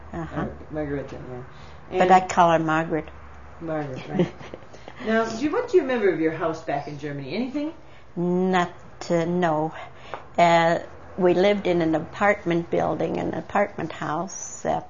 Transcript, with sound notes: Uh-huh.
Oh, Margaritta.
But I call her Margaret.
Margaret, right.. (laughs) Now, what do you remember of your house back in Germany? Anything?
Not, no. We lived in an apartment building, in an apartment house